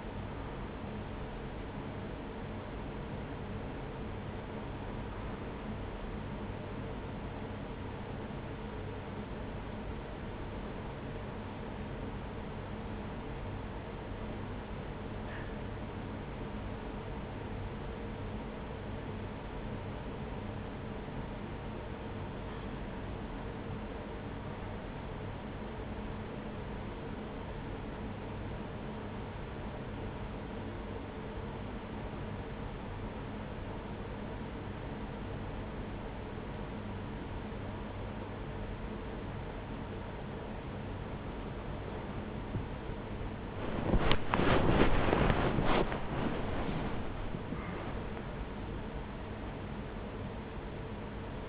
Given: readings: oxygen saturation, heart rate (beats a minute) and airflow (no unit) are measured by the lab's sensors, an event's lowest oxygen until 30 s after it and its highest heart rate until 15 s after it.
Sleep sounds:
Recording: breathing in sleep by a voice recorder at the bedside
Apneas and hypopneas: 1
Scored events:
9.00-42.20 s: hypopnea (N1, oxygen 97% highest, then 95% lowest)
19.00-49.00 s: new sleep stage, N2 (light sleep)
49.00-51.49 s: new sleep stage, N1 (lightest sleep)
From the record:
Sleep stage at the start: N1 (lightest sleep)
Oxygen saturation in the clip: 87 to 97%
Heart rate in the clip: 40 to 68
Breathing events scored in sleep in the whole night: 210 in 6.9 hours asleep

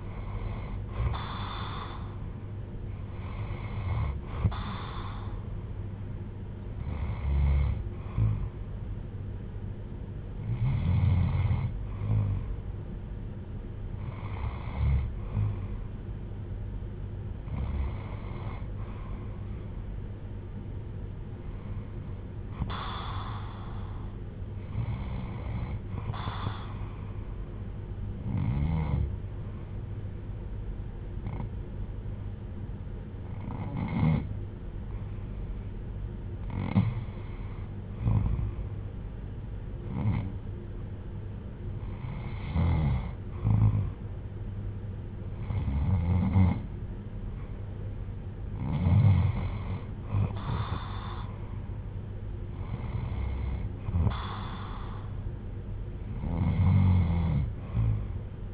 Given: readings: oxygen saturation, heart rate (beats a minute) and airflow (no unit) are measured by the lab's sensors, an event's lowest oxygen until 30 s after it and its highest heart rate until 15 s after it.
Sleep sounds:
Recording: breathing in sleep by a smartphone at the bedside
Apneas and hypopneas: 1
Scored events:
19.00-44.20 s: hypopnea (REM, oxygen 97% highest, then 91% lowest, heart rate 73 at the start, 73 highest)
From the record:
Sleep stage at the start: REM sleep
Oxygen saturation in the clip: 77 to 97%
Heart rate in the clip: 62 to 80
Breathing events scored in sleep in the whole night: 310 in 8.1 hours asleep

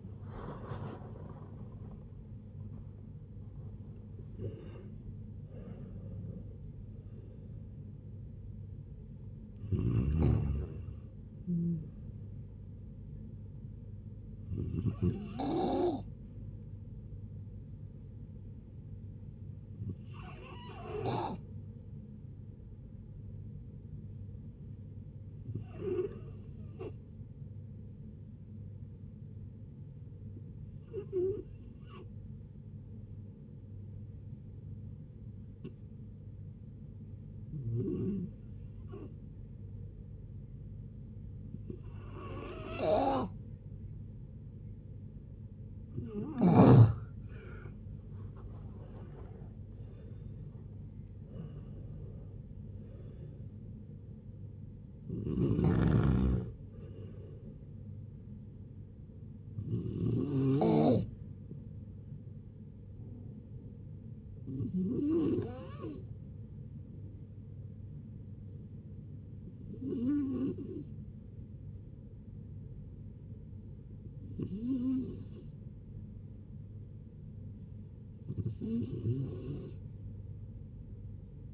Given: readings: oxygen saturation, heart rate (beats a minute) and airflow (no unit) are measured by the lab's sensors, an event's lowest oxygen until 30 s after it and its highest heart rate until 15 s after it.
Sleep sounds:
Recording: a person awake in a sleep study, by a smartphone at the bedside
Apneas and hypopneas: none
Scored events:
0.00-81.54 s: awake
0.00-81.54 s: awake
From the record:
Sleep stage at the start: awake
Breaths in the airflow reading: 33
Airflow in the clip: -0.7 to 0.7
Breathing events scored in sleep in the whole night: 496 in 5.4 hours asleep

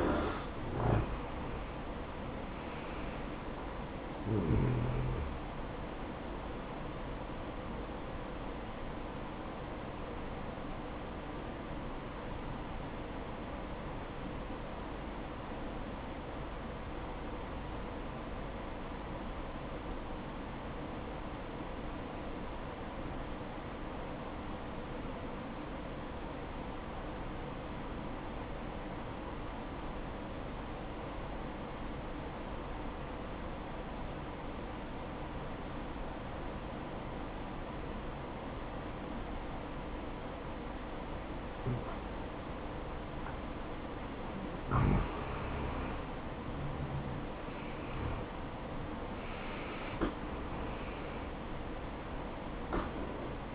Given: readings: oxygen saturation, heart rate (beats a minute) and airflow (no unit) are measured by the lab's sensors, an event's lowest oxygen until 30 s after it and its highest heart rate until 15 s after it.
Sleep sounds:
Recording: breathing in sleep by a voice recorder at the bedside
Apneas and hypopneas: 1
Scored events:
8.00-46.10 s: obstructive apnea (N1, oxygen 96% highest, then 85% lowest, heart rate 64 at the start, 75 highest)
23.00-53.55 s: new sleep stage, N2 (light sleep)
From the record:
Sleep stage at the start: N1 (lightest sleep)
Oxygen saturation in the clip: 85 to 96%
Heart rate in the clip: 59 to 75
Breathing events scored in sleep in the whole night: 573 in 9.8 hours asleep

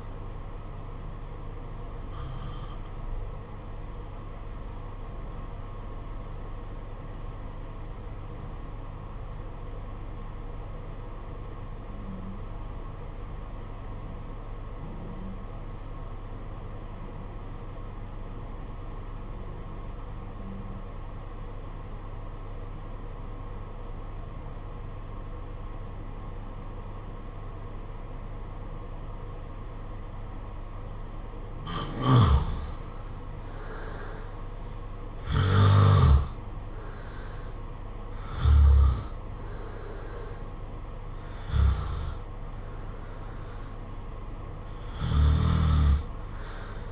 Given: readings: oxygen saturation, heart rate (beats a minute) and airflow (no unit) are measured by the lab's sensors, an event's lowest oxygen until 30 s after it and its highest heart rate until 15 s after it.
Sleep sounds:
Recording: breathing in sleep by a smartphone at the bedside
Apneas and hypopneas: 1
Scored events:
7.00-32.70 s: obstructive apnea (N2, oxygen 95% highest, then 83% lowest, heart rate 51 at the start, 65 highest)
From the record:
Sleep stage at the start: N2 (light sleep)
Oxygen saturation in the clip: 84 to 95%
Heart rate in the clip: 50 to 65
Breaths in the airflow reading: 6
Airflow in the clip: -7.6 to 8.7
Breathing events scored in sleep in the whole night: 476 in 9.7 hours asleep

